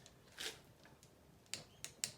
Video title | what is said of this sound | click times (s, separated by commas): Outboard rebuild | little click there one | 2.0 s